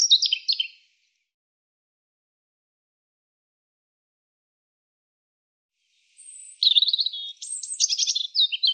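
European robin song: a brief high twittering phrase, a five-second silence, then a longer rich phrase of sweet whistles and rapid trills.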